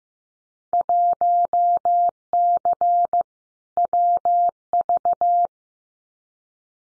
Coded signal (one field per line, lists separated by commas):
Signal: Morse code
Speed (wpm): 15 wpm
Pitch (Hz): 700 Hz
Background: none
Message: 1C WV